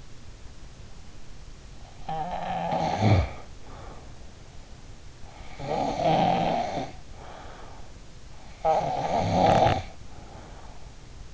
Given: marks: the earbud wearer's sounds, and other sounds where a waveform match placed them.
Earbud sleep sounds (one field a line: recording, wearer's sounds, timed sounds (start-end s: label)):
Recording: sounds in sleep by an in-ear microphone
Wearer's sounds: snoring breath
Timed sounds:
1.92-4.97 s: snoring breath
5.18-8.24 s: snoring breath
8.38-11.34 s: snoring breath